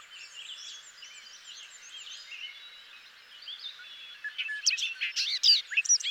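Bobolink song bursts in during the last two seconds as bubbling, metallic notes, following softer warbling from other birds in the background.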